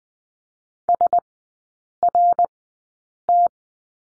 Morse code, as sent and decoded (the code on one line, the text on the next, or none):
... .-. -
SRT